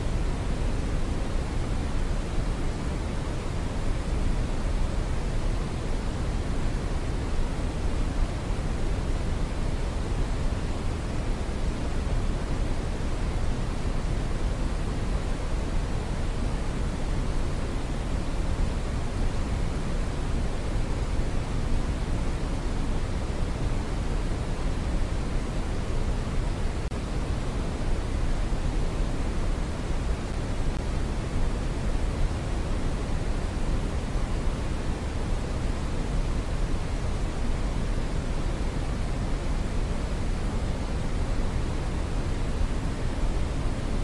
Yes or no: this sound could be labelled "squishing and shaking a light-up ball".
no